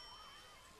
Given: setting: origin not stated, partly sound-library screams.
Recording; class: one-second piece from a danger detection set; normal situation